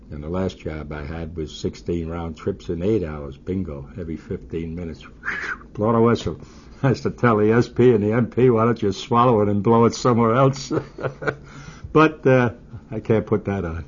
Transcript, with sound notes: and the last job I had was 16 round-trips in eight hours, bingo, every 15 minutes, blow the whistle. I used to tell the SP and MP, "Why don't you swallow it and blow it somewhere else." (He laughs.) But I can't put that on.